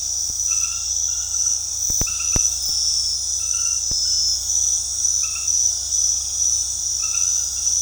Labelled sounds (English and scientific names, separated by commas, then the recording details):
none
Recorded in dense forest near Puerto Asís, Putumayo, Colombia, on 21 February 2024 at 21:30
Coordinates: 0.485, -76.322
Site G6406